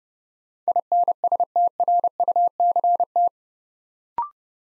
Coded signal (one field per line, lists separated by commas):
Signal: Morse code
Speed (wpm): 30 wpm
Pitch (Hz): 700 Hz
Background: none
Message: INSTRUCT